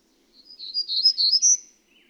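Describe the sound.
Bird song: one brisk phrase of high, sweet chirping notes strung together over about a second, with quiet before and after.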